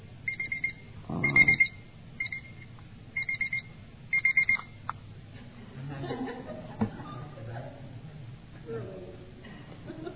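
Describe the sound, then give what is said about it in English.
An alarm clock rings in short, repeated bursts of shrill, high-pitched beeping for several seconds, then stops as people chuckle and begin talking. “By handing this clock, I guess, this must have just gone up like that.”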